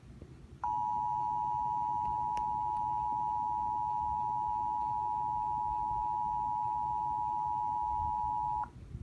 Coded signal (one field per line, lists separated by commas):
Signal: Emergency Alert System (SAME) tones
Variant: 853 and 960 Hz attention tone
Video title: PDS SVR From Northern Indiana EAS #197